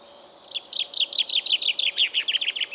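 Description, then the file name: Common chaffinch song, a steady fast string of bright chirping notes running almost unbroken to the end. "Fringilla coelebs"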